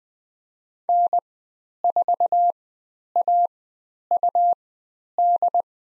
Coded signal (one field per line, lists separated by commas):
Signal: Morse code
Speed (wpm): 20 wpm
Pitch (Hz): 700 Hz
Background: none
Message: N4AUD